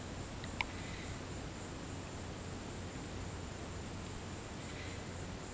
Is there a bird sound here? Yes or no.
yes